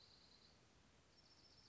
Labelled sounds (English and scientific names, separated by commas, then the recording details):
Dark-eyed Junco (Junco hyemalis)
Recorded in Sonoma County, California